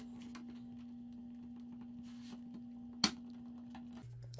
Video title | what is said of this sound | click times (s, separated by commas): Allflex Microchip Scanner Repair | there we go so you can might have heard that snapped into place much better and now the ports are aligned | 3.0 s